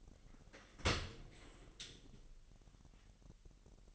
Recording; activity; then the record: daily activity, microphone in the room; open dishwasher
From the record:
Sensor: 4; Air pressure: 1001.4 hPa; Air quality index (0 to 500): 249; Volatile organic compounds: 43 ppm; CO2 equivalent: 3198 ppm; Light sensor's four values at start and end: 8/17/7/6 and 8/17/7/6